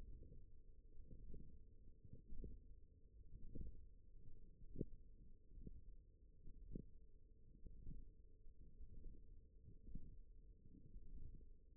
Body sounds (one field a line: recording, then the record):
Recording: forearm muscle sounds (acoustic myography)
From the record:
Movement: ulnar deviation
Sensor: system 1, eight BSWA MPA416 microphones around the upper forearm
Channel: 4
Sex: female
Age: 20 years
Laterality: right